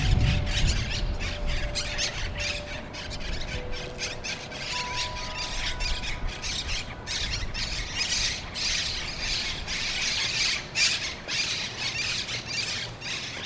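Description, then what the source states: Monk parakeets chattering with grating squawks, dense and irregular, while a few steady tonal hums sound faintly beneath the flock. Recorded in Brooklyn; birds referred to as Brooklyn parrots.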